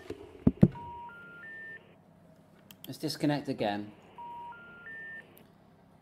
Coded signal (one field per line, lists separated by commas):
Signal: telephone call progress tone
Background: speech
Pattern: special information tone